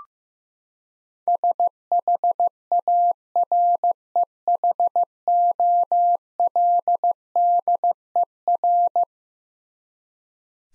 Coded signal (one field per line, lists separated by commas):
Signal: Morse code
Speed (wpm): 15 wpm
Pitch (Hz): 700 Hz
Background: none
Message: SHAREHOLDER